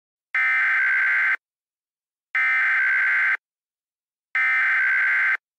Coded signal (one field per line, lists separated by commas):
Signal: Emergency Alert System (SAME) tones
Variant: header bursts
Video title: EAS Scenario #1: Extraterrestrial Invasion (Aliens)